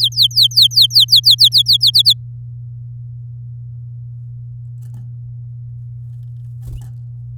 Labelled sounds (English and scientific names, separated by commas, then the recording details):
Domestic Canary (Serinus canaria) song
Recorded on 8 May 2018 at 13:01
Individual llb16